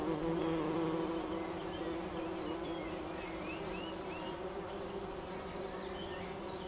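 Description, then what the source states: Bumblebee humming steadily, a low buzzy drone, with faint high chirps in the background. Recorded in Wülfel, Hannover, Germany.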